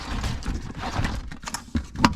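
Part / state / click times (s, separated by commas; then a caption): folding side wall of a collapsible tote locking in its corner / seated / 2.0 s. The remaining corners of a RUX 70L collapsible tote are tapped in a quick series of light knocks until the folding side walls lock upright in their corners. A loud, sharp final click at 2.1 seconds marks the last wall seating, and the tote is ready.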